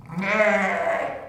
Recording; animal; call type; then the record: contact call of a hoofed animal; sheep; low-frequency (closed-mouth) or high-frequency (open-mouth) call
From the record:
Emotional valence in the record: negative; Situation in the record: short social isolation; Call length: 1.28 s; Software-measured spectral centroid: 1760 Hz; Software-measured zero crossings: 1990 a second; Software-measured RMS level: -23 dBFS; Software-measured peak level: -8 dBFS